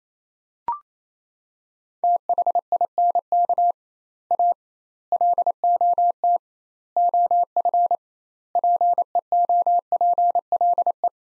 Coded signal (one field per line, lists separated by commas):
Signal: Morse code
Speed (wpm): 27 wpm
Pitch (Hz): 700 Hz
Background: none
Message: THINK A LOT OF PEOPLE